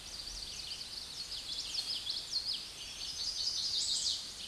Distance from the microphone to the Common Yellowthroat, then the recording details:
about 25 m. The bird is about 5 m above the microphone. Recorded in a Pennsylvania forest on 16 May 2024 at 09:34. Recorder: AudioMoth, point MSD-2417. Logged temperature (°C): 16.4 °C. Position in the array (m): 90 m, 93 m